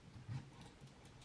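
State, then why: Not seated. A dull low rub peaks near 0.35 s, with no crisp lock click anywhere in the stretch.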